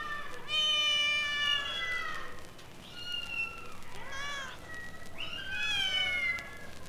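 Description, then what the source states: Domestic cat meowing: several shrill, drawn-out meows with short pauses between them. Kittens at an animal pound.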